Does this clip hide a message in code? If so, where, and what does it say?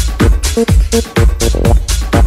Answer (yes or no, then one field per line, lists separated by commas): no